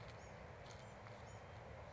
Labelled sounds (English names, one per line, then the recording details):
Bewick's Wren
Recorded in Sonoma County, California